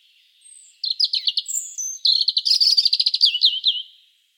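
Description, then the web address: European robin song, a thin high whistle followed by a quick run of sweet twittering notes ending in a slurred trill, with a quiet background. "SETE Erithacus rubecula"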